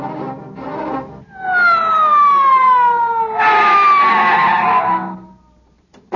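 A loud police squad car siren, heading out to a murder at Romanoff's restaurant, wails in a long, steadily falling tone, joined midway by a harsh rushing roar of engine or tires before it cuts off abruptly.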